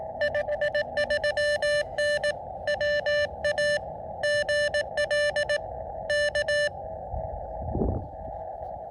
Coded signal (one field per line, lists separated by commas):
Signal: Morse code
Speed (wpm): 18 wpm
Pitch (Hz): 600 Hz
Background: none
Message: 53N WA GL K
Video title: KD2YDN activates W2/EH-003. SOTA/POTA QRP. 1 pt, a lot of DX.